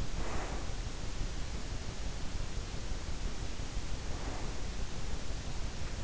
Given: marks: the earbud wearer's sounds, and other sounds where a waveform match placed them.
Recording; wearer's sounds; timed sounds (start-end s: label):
sounds in sleep by an in-ear microphone; breath
0.00-0.80 s: breath
3.96-4.83 s: breath